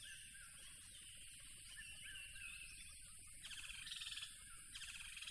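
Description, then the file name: Crickets in a constant shrill drone, joined after three seconds by loud pulsed trills in bursts, with scattered chirps and a soft low rumble beneath. Loud crickets by a tropical river. "smartsound. Tropical River Loud Crickets"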